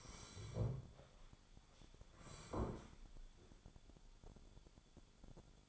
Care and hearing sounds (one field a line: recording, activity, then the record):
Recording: daily activity, microphone in the room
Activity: sit down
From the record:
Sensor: 5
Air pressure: 1015.3 hPa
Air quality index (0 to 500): 183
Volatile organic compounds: 7 ppm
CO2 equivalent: 1985 ppm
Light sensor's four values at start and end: 36/82/33/32 and 36/82/33/32